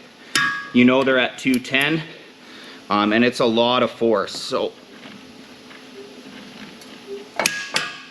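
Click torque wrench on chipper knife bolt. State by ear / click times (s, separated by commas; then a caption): torque reached / 7.5 s. A click torque wrench set to 210 is pulled on the next knife bolt of a Vermeer BC 1500 chipper to check its torque while someone talks. After a quiet stretch, a sharp click sounds at 7.5 s, confirming the bolt has reached the setting.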